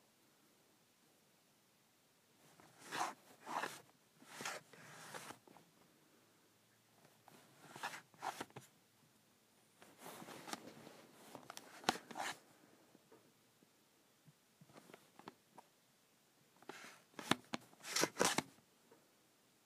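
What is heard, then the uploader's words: A calculator cover slides on and off in short scraping strokes, each lasting about half a second to a second. The strokes come in loose clusters, around 3, 5, 8, 10–12 and 17–18 seconds, with near silence between them. Sliding my Calculator Cover.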